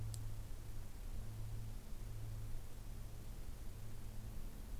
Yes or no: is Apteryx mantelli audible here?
no